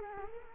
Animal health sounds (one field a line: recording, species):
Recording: mosquito wingbeat signal from an infrared sensor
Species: Culex quinquefasciatus